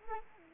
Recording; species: mosquito wingbeat signal from an infrared sensor; Anopheles arabiensis